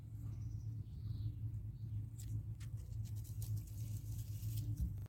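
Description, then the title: Bumblebee buzz, a steady low droning hum held throughout with slight swells in loudness, and faint clicks and rustles above it. "Instantnature le bourdon"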